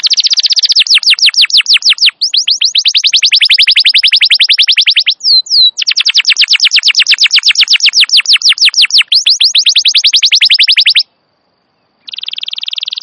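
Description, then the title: Canary singing long, loud trills of rapid, repeated down-sweeping notes, in bursts of several seconds with brief pauses, then a short buzzy phrase at the end. Long, prolific ('gacor') canary song, used as a lure and master recording for training wild canaries. "Pikat Kenari GACOR PANJANG INI Cocok Untuk Masteran KENARI LIAR"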